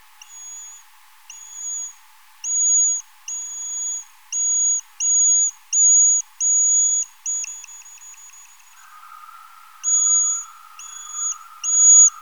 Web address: Rhinolophus megaphyllus